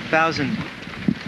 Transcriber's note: indistinct discussion among devotees about calculations